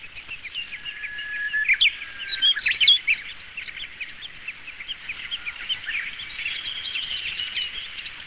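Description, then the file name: Siberian rubythroat: songbird warbling continuously, a busy stream of varied high chirps, twitters and short whistles, with a few louder sharp notes early on. "nogoma"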